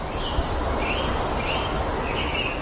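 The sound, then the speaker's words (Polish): Faint birdsong drifts over a steady hiss of outdoor background noise in a park in fine weather, with a few high, thin chirps and short trills and no voices. “Właśnie posiedzimy, teraz jest piękna pogoda w parku, ptaki śpiewają”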